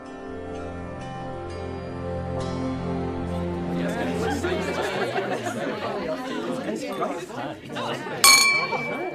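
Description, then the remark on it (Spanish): A crowd of guests chatters steadily after a sustained ringing tone fades, then one sharp, bright clink of wine glasses raised in a toast rings out near the end over the murmur of voices. “Un brindis, queridos invitados.”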